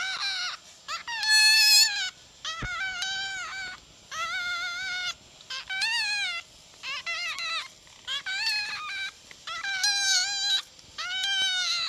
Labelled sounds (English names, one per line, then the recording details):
Red Fox
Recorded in captivity
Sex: male
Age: juvenile
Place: Zoologisches Institut der HUB, Berlin, DE
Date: 1956-04-23
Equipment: Elmetra
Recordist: Tembrock, Günter
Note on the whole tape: Molly-Welpen: Männchen - Quärren